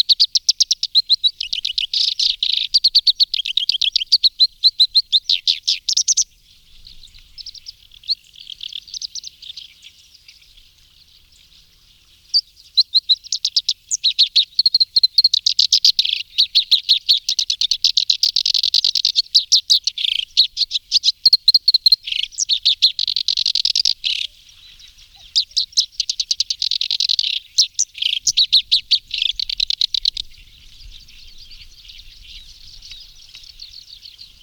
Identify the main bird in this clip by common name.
Black-browed Reed Warbler